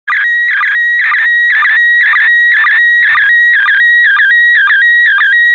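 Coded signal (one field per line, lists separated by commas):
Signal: SSTV (slow-scan television)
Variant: PD 120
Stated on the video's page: SSTV image received from the ISS.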